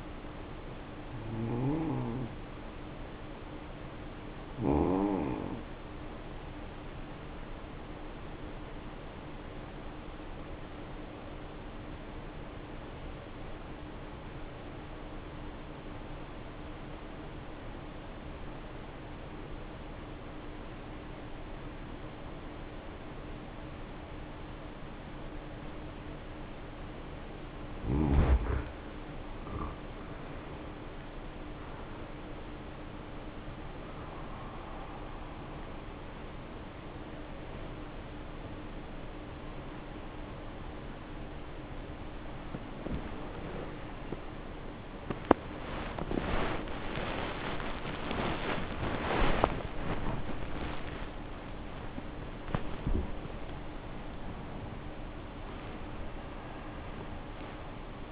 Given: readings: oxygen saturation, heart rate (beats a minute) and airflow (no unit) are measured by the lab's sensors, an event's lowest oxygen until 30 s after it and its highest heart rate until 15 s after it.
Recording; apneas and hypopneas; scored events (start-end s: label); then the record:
breathing in sleep by a voice recorder at the bedside; 1
9.00-28.80 s: obstructive apnea (N1, oxygen 94% highest, then 77% lowest, heart rate 54 at the start, 72 highest)
10.00-40.00 s: new sleep stage, N2 (light sleep)
40.00-58.12 s: new sleep stage, awake
43.00-58.12 s: awake
From the record:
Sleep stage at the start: N1 (lightest sleep); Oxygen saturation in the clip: 75 to 94%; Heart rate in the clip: 51 to 87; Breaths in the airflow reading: 6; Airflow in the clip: -9.7 to 9.2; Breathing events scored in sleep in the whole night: 520 in 7.2 hours asleep